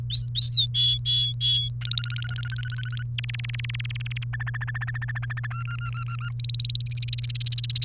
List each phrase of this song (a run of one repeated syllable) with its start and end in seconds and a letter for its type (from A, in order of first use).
0.10-0.66 A, 0.74-1.68 B, 1.81-3.03 C, 3.18-4.24 D, 4.33-5.47 E, 5.50-6.29 F, 6.40-7.84 G